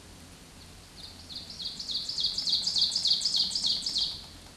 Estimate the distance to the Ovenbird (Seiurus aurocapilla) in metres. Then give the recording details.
about 10 m. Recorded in a Pennsylvania forest on 17 May 2023 at 14:28. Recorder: AudioMoth, point grid1_7_low. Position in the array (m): 147 m, 61 m